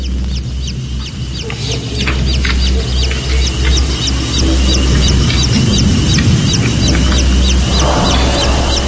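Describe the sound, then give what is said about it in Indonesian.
Rapid, repeated high-pitched peeps from a baby chick sound steadily over a constant low hum, the chirps coming in quick, fairly even bursts throughout. “suara anak ayam itu membuatku merinding sekujur tubuh.”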